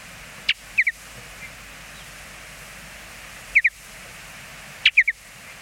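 Mountain bluebird giving brief clusters of two or three soft, high chirped notes, spaced one to three seconds apart over quiet background hiss.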